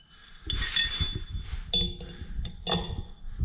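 A new steel JT drive sprocket is pushed onto the splines of a Tao Tao TBR7 motorcycle's output shaft (countershaft), making metallic clinks, with the sharpest clink at 1.7 s. The sprocket does not go all the way on because of paint on its inside, so it is only partly seated and the snap ring cannot be fitted.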